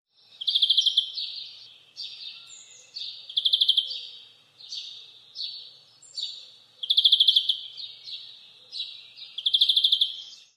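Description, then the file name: European greenfinch song, bright buzzy trilled phrases every couple of seconds, louder rattling phrases alternating with softer twittering ones. "Chloris chloris"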